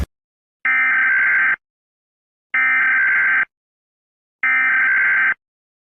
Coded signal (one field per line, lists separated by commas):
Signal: Emergency Alert System (SAME) tones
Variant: header bursts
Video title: EVO-12 (An EAS Scenario)